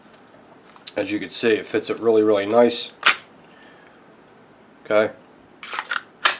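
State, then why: Seated. Someone talks as a pistol is pushed into a custom, fairly thick 0.080 thermoplastic (Kydex/Boltaron) holster, built extra high because the custom pistol's sights are very high. A few sharp handling clicks come first, then a crisp, positive click at 6.3 s as the pistol locks in with retention and is held securely.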